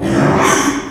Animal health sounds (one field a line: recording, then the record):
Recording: squeal of a Yucatan mini pig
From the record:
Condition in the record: after surgery on the right vocal fold (resection and tissue-engineered implant)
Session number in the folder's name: 3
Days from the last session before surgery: 33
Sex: male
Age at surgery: 12 weeks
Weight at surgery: 13 kg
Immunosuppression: cyclosporine, prednisolone